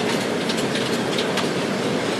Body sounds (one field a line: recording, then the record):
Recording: background sound without coughing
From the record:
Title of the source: Office Sounds Ambience - Background Noise for Study and Work